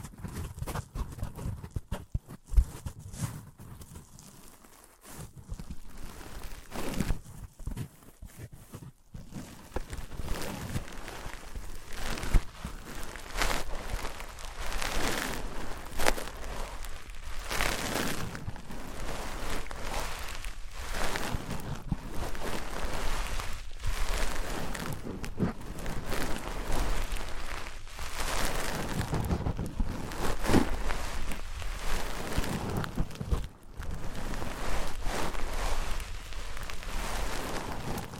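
Objects of wood, cork, sponge, foam, glass and plastic are handled, rubbed and tapped against each other. The first nine seconds hold a few sharp knocks, then a dense, crackling, scraping rush of rapid contacts runs to the end, with a brief pause near 33 seconds.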